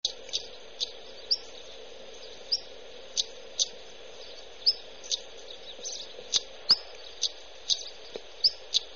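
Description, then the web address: Stonechat calls: sharp clicking ticks repeated roughly twice a second, mixed with a few brief high whistled notes, over a steady background hiss. Recorded in Portugal. "Aves de Portugal Sons Cartaxo"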